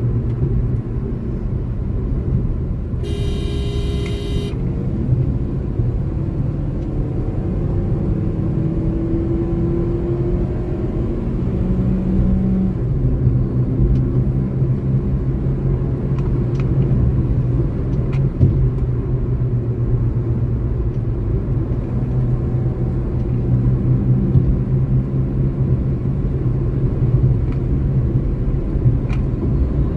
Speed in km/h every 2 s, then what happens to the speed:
79, 59, 66, 76, 83, 92, 97, 102, 107, 92, 90, 97, 100, 106, 110.
0-3 brakes to 59. 3-15 speeds up to 107. 15-20 slows to 90. 20-30 speeds up to 110.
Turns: none.